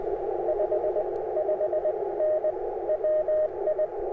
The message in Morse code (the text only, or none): 55N WI